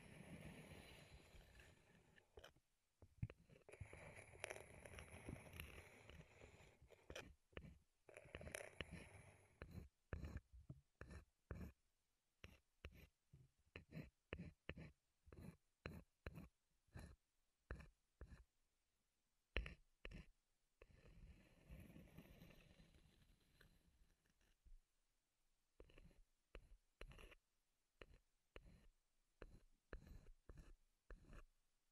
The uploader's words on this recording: ASMR Wood Triggers in Your Ears (No Talking).